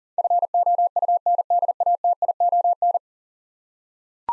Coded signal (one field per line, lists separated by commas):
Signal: Morse code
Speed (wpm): 40 wpm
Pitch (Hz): 700 Hz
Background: none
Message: FOUNDATION